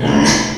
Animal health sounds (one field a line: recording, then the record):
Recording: squeal of a Yucatan mini pig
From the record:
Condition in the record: before surgery on the right vocal fold (resection and tissue-engineered implant)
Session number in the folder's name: 2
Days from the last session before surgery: 0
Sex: male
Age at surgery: 12 weeks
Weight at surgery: 13 kg